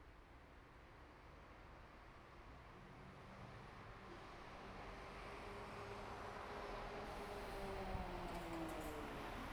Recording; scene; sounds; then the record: everyday scene through a hearing-aid microphone; in traffic; traffic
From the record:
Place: bus stop on a city main road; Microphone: behind the ear, right, rear